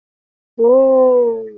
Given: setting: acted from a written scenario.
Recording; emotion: vocal sound without words; awe